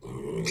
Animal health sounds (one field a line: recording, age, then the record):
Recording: pig call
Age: weaner (32 to 43 days)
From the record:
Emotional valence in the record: negative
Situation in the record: novel object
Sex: female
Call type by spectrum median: low-frequency call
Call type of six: mixed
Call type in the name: high-frequency modulated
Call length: 0.51 s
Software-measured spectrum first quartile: 295 Hz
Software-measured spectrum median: 1093 Hz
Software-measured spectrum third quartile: 4147 Hz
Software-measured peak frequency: 395 Hz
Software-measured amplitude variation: 131 dB a second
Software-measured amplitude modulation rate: 23.8 a second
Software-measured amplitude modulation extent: 5.5 dB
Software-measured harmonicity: 4.1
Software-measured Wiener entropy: -4.23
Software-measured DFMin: 1186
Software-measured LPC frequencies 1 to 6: 389, 2338, 3783, 4640, 5651, 6251 Hz